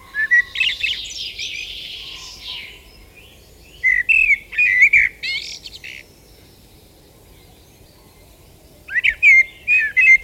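Common blackbird song with a high scratchy twitter, then mellow whistled phrases around four seconds and again near the end, long quiet gap between, steady low hiss.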